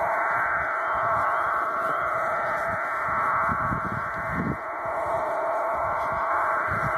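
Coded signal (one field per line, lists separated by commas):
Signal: numbers station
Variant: Cuban digital mode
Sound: steady dense multi-tone data hiss throughout, like a digital modem, with no spoken words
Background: radio static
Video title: Cuban Spy numbers 9240 kHz USB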